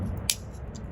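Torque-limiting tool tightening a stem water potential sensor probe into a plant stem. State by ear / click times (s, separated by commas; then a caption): torque reached / 0.3 s. A torque-limiting tool tightens the fitting of a 3 mm stem water potential sensor probe into a small woody or green plant stem. It gives a single sharp, bright click at 0.3 s as the set torque is reached, followed by a much fainter tick at about 0.8 s over a low background hum. The fitting is confirmed tightened to the correct torque with one click.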